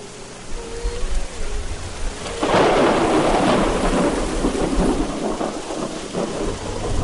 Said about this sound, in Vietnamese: Một luồng sáng cực lớn bùng lên, sóng to mưa lớn, gió quận mây vần sầm sập tuôn trào. Bao tiếng nổ lớn vang lên liên tiếp.